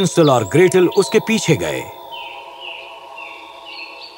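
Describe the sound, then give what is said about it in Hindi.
A voice speaks briefly, then a soft run of high, whistling chirps and trills from a white bird singing in a tree at sunrise follows on its own, repeating in short phrases. “उन्होंने पेड़ पर एक सफेद चिड़िया को गाते चहचहाते देखा।”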